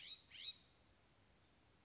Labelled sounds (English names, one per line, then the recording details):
California Scrub-Jay
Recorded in Sonoma County, California